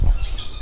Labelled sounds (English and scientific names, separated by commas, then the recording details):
Stitchbird (Notiomystis cincta) song
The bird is a male
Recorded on Tiritiri Matangi Island, New Zealand, in 2005
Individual 20, of nest box 28